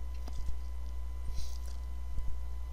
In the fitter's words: have to pull down on the tab to get it to snap in there you go